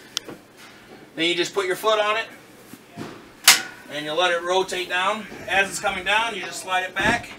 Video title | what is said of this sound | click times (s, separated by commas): Wana RV Center - Rockwood Ultra Lite 2608BS - Furniture Features & Demonstration | slide that little yellow button over and you'll hear click what that does is release the locking mechanism | 0.2 s